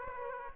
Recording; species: mosquito wingbeat signal from an infrared sensor; Aedes aegypti